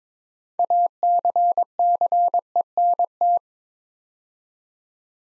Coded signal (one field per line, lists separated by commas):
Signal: Morse code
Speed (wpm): 22 wpm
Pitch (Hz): 700 Hz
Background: none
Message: ACCENT